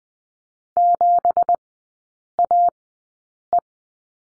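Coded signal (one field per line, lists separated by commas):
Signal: Morse code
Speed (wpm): 20 wpm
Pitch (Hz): 700 Hz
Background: none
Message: 7AE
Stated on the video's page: Morse code course lesson on the letter B in three-character groups, Farnsworth speed 20/10 wpm.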